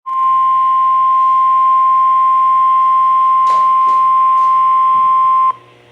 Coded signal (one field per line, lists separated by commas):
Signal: Emergency Alert System (SAME) tones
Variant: 1050 Hz attention tone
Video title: (EAS #201-202) Severe Thunderstorm Warning (KEC55)